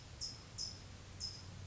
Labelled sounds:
California Towhee (Melozone crissalis)
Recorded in Sonoma County, California

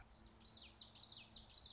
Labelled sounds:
Common Yellowthroat (Geothlypis trichas)
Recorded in Sonoma County, California

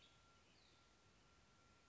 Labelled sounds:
Western Tanager (Piranga ludoviciana)
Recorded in Sonoma County, California

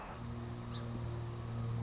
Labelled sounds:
Song Sparrow (Melospiza melodia)
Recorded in Sonoma County, California

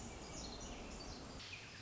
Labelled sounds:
Pacific Wren (Troglodytes pacificus)
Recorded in Sonoma County, California

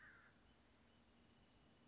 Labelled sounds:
Western Flycatcher (Empidonax difficilis)
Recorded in Sonoma County, California

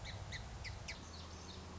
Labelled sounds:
Song Sparrow (Melospiza melodia)
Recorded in Sonoma County, California

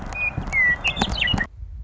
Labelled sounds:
Western Meadowlark (Sturnella neglecta)
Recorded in Sonoma County, California

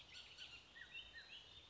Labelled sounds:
Bullock's Oriole (Icterus bullockii)
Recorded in Sonoma County, California

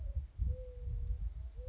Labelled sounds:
Mourning Dove (Zenaida macroura)
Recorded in Sonoma County, California

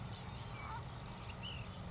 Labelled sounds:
Ash-throated Flycatcher (Myiarchus cinerascens)
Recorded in Sonoma County, California

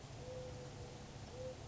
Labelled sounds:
Mourning Dove (Zenaida macroura)
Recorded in Sonoma County, California

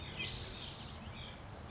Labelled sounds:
Spotted Towhee (Pipilo maculatus)
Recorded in Sonoma County, California

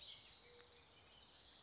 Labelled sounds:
Western Flycatcher (Empidonax difficilis)
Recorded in Sonoma County, California

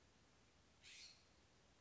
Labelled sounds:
California Scrub-Jay (Aphelocoma californica)
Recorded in Sonoma County, California

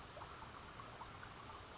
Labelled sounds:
California Towhee (Melozone crissalis)
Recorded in Sonoma County, California

